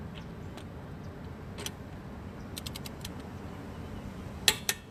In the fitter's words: as you click pull it off you're done next wheel